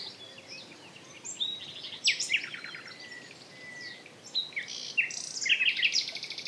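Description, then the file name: Common nightingale: songbird phrases of sweeping whistled slurs and quick rattling trills, fairly quiet, coming in two main bursts a couple of seconds apart. "Luscinia megarhynchos"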